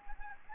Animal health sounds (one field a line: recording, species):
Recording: mosquito wingbeat signal from an infrared sensor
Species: Anopheles gambiae